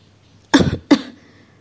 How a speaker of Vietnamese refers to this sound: ho khan vài tiếng, người ngậm máu miệng bè bét.